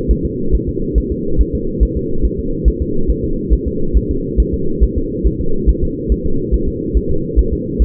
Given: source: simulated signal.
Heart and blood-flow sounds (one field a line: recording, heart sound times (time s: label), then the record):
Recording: fetal heart sounds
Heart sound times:
0.11 s: S1
0.25 s: S2
0.55 s: S1
0.69 s: S2
0.98 s: S1
1.12 s: S2
1.41 s: S1
1.55 s: S2
1.83 s: S1
1.97 s: S2
2.25 s: S1
2.39 s: S2
2.68 s: S1
2.82 s: S2
3.10 s: S1
3.25 s: S2
3.53 s: S1
3.67 s: S2
3.97 s: S1
4.11 s: S2
4.40 s: S1
4.54 s: S2
4.83 s: S1
4.98 s: S2
5.27 s: S1
5.41 s: S2
5.69 s: S1
5.83 s: S2
6.12 s: S1
6.26 s: S2
6.54 s: S1
6.69 s: S2
6.97 s: S1
7.11 s: S2
7.39 s: S1
7.53 s: S2
7.82 s: S1
From the record:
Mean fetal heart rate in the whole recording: 140 bpm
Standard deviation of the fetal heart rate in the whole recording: 2 bpm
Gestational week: 34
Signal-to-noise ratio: -8.1 dB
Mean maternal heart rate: 72 bpm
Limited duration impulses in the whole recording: absent